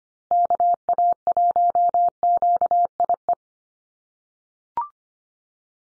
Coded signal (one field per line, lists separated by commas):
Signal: Morse code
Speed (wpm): 25 wpm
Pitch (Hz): 700 Hz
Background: none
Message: KA1QIE